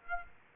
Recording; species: mosquito wingbeat signal from an infrared sensor; Aedes aegypti